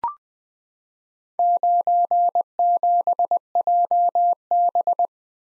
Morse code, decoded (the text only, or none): 97JB